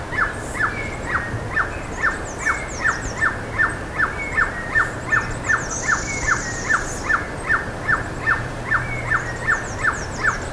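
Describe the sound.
Bird delivering a very regular series of short, bright calls, about two or three per second, with faint high chirps and a brief buzzy hiss behind.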